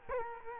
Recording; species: mosquito wingbeat signal from an infrared sensor; Culex quinquefasciatus